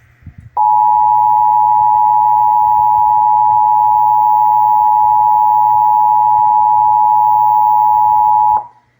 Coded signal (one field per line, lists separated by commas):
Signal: Emergency Alert System (SAME) tones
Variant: 853 and 960 Hz attention tone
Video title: (EAS #930-934) September 2025 Texas Required Monthly Test